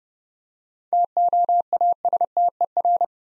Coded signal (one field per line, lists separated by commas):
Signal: Morse code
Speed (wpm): 30 wpm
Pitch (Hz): 700 Hz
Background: none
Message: TOASTER